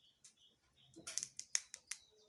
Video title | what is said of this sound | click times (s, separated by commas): How to check blood sugar with a glucometer(Accu CHEK) | The cover must click into place. You hear the clicking sound. | 1.5 s